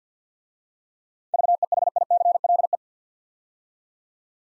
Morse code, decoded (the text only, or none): VEHICLE